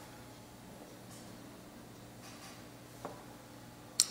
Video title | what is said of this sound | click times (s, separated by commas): Celestron Red Dot Finderscope Battery 💡Tips and Tricks | okay and you'll know um you'll know it's in place uh because number one you'll hear the clicks | 3.1 s, 4.0 s